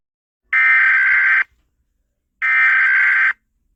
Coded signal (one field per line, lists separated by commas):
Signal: Emergency Alert System (SAME) tones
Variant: header bursts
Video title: Rating REAL eas alarms pt 1